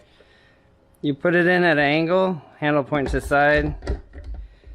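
Someone talks while a plastic blender pitcher for a Ninja BN801 Professional Plus Kitchen System is set onto its motor base at an angle with the handle pointing to the side, ready to be twisted until it locks. A few faint, brief knocks of handling come around 4.1–4.3 seconds. Nothing has locked or clicked yet.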